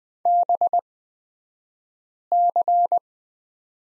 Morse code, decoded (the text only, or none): BC